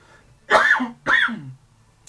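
Two harsh, partly voiced coughing bursts, each about half a second long, come in quick succession with a throat-clearing quality in a quiet room. An adult's choking cough after something went down the wrong pipe, the airway's reflex to expel aspirated material.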